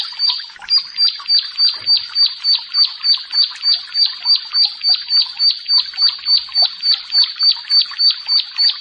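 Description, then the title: Bar-winged prinia song: evenly paced, bright, high chirps repeating about three times a second, steady in rhythm over the whole stretch. "Ciblek Sawah"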